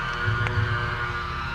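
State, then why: Seated. An ignition coil is pushed down into the spark plug well in the valve cover of a 1998–2002 Honda 2.3 liter VTEC engine during a valve cover gasket replacement. A steady low hum runs throughout, with a short, sharp click at 0.5 s. The coil's boot snaps onto the spark plug terminal and is seated.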